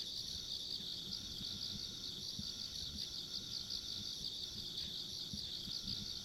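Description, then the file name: Insect: unbroken high-pitched chorus of insects, faintly pulsed, steady throughout, above soft low background rumble. Ambient insect sounds along a rural country road. "田舎道の虫の環境音"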